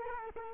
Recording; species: mosquito wingbeat signal from an infrared sensor; Culex quinquefasciatus